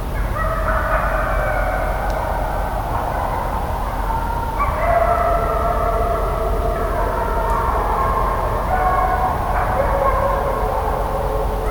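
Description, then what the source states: Gray wolf: wolves howling together, several long, wavering tones overlapping and rising and falling in pitch, with steady rain hissing throughout. Pack howling chorus including young wolves, heard in rain, Dresdner Heide between Langebrück and Radeberg, Dresden, Germany, late March around six o'clock, recorded incidentally by a hobby ornithologist.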